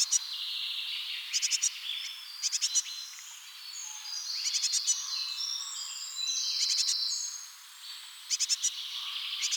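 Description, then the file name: Great tit giving harsh churring calls in clusters of a few rapid bursts, over other birds singing behind. "Parus major"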